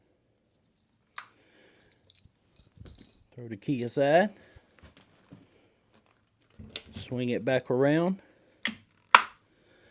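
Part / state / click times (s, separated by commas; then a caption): swinging frame section into its locking latch / seated / 9.2 s. Someone talks while a key is set aside and the folding frame section of a Mihogo RX2 4 e-bike is swung back around into its metal locking latch. The latch locks shut with a loud, sharp snap at 9.2 s, and the frame is seated.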